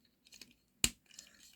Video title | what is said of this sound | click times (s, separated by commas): Transformers Reactivate Optimus Prime | you want to hear that click to lock | 0.8 s